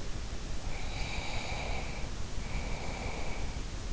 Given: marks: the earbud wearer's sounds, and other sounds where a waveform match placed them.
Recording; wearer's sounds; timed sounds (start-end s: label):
sounds in sleep by an in-ear microphone; breath
0.58-3.62 s: breath